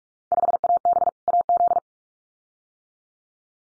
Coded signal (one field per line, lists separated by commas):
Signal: Morse code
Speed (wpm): 44 wpm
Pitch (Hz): 700 Hz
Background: none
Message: 5AB AZ